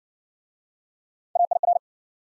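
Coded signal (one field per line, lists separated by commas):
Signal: Morse code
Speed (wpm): 52 wpm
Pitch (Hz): 700 Hz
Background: none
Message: AIR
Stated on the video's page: Morse practice of multi-letter phonemes in Speed-Racing format, from 40 wpm slowing to a base speed; final repeat sent at maximum speed.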